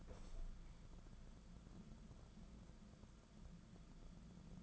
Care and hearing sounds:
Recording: daily activity, microphone in the room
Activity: open window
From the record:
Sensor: 5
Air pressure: 994.4 hPa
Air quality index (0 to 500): 186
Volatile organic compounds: 1000 ppm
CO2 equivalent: 5469 ppm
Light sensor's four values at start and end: 9/21/8/9 and 9/23/9/10

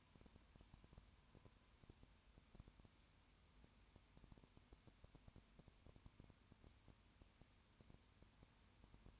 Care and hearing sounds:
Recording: daily activity, microphone in the room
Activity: no activity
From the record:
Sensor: 2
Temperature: 20.8 degrees Celsius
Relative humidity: 38.3%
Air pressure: 1010.4 hPa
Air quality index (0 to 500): 200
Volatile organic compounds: 19 ppm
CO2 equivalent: 2652 ppm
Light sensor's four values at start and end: 2/3/2/2 and 2/3/2/2

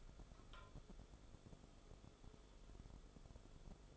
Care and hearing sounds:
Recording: daily activity, microphone in the room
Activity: take from stove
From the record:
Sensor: 5

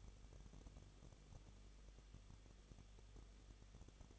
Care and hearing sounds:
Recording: daily activity, microphone in the room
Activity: no activity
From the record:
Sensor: 4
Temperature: 23.1 degrees Celsius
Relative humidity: 34.3%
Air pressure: 1007.2 hPa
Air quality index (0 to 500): 215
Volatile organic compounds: 15 ppm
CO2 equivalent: 2485 ppm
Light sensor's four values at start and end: 2/3/1/1 and 2/3/1/1

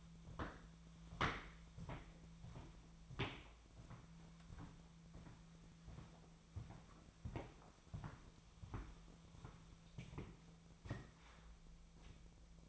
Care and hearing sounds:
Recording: daily activity, microphone in the room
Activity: walk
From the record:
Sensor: 1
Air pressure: 1008.2 hPa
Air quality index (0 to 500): 192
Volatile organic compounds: 17 ppm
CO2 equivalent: 2601 ppm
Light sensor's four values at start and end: 16/40/16/18 and 15/40/16/18

